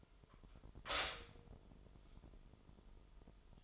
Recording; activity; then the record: daily activity, microphone in the room; stop toaster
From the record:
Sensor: 5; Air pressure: 988.7 hPa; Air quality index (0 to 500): 234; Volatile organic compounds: 188 ppm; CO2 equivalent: 4171 ppm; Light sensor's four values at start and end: 39/123/48/51 and 39/123/48/51